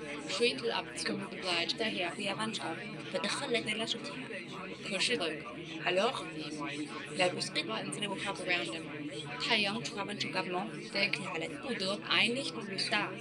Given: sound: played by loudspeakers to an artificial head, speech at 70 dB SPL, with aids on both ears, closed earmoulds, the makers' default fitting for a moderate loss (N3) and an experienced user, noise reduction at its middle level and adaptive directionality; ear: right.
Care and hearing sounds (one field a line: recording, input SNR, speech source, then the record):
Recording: speech test signal (ISTS) in cocktail-party noise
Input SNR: -3 dB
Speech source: on the right (90 degrees)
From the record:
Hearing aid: class 2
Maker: C